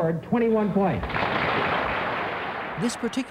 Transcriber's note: applause